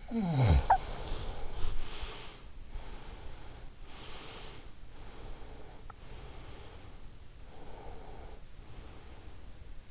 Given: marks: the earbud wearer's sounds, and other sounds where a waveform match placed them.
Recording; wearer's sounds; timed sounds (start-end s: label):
sounds in sleep by an in-ear microphone; snoring breath, breath
0.00-2.49 s: snoring breath
2.72-4.81 s: breath
5.05-7.08 s: breath
7.54-9.69 s: breath